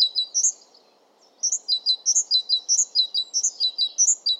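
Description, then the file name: Great tit singing, a quick high two-note phrase repeated rapidly, a short silence, then a long run of the same see-saw phrases over faint background noise. "Great Tit Parus major"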